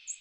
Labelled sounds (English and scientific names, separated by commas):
American Redstart (Setophaga ruticilla) flight call